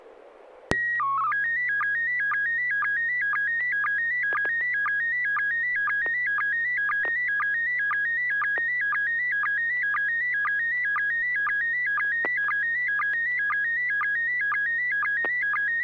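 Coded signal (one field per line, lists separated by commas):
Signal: SSTV (slow-scan television)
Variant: PD 120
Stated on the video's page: SSTV images on a weekly net via 441.300 MHz FM repeater, sent with MMSSTV software.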